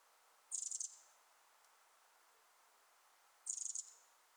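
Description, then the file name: Eurasian wren giving two short, shrill rattled bursts of rapid ticks, about three seconds apart, with quiet background hiss between them. "Troglodytes troglodytes"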